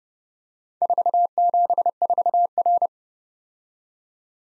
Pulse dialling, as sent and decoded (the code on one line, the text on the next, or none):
none